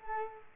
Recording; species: mosquito wingbeat signal from an infrared sensor; Culex quinquefasciatus